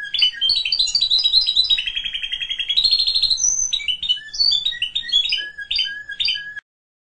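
Canary song, a rapid run of high chirps and trills, including a long buzzy rolling trill in the middle, then varied whistled notes ending in short chips.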